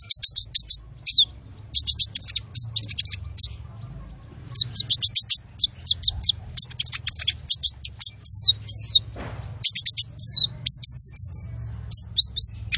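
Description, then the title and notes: Olive-backed Sunbird song of repeated high trilled bursts mixed with short slurred notes, delivered almost continuously. Masteran training recording of the kolibri ninja singing gacor (lively, nonstop), with full fill-in phrases and luxurious bursts; suitable as pancingan to stimulate other birds. "MASTERAN KOLIBRI NINJA TERBAIK FULL ISIAN DAN TEMBAKAN MEWAH COCOK BUAT PANCINGAN. Suara Burung Kolibri Ninja Gacor"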